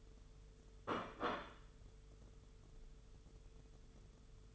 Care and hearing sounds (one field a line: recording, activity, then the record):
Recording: daily activity, microphone in the room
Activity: place plate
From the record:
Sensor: 4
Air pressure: 995.3 hPa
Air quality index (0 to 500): 196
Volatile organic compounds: 136 ppm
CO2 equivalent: 3960 ppm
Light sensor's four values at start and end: 10/24/9/10 and 10/24/9/10